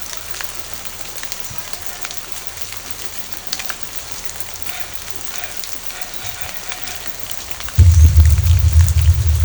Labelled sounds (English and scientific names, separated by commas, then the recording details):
none
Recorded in pastures near Puerto Asís, Putumayo, Colombia, on 22 December 2024 at 18:00
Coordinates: 0.497, -76.327
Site G088